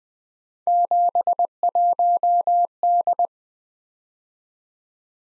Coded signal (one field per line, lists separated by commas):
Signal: Morse code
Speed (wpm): 21 wpm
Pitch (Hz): 700 Hz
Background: none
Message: 71D